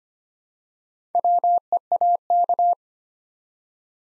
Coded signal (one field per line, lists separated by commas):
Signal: Morse code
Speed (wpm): 25 wpm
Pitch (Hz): 700 Hz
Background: none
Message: WEAK